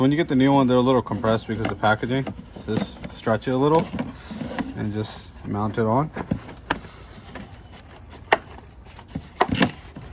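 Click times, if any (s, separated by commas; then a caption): none. On a Mercedes GL450 (X166), a new rubber/plastic air intake hose, replacing a ripped intake tube and slightly compressed from its packaging, is stretched and mounted onto its duct fitting on the engine air intake while someone talks. Handling noises follow, with sharp taps near 6.7, 8.3 and 9.4 seconds. Nothing has snapped or seated yet.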